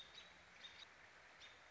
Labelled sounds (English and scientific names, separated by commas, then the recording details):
American Robin (Turdus migratorius)
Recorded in Sonoma County, California